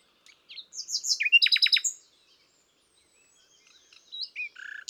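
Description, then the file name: Common nightingale song: brief whistled notes, a quick burst of repeated rattling chirps, a pause, then soft varied whistles and a buzzy note. "Luscinia megarhynchos"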